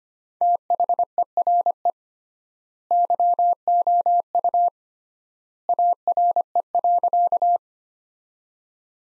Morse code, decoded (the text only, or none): THERE YOU ARE.